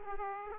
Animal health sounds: mosquito wingbeat signal from an infrared sensor; Aedes aegypti

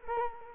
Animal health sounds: mosquito wingbeat signal from an infrared sensor; Culex quinquefasciatus

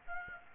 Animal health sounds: mosquito wingbeat signal from an infrared sensor; Aedes aegypti

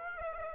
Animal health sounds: mosquito wingbeat signal from an infrared sensor; Aedes aegypti

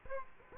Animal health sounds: mosquito wingbeat signal from an infrared sensor; Aedes aegypti

